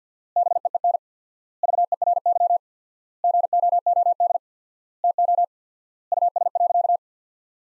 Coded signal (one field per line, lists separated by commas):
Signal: Morse code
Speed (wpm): 50 wpm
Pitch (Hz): 700 Hz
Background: none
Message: BEEN VERY GOOD TO US.